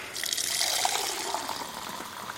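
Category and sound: household object, water running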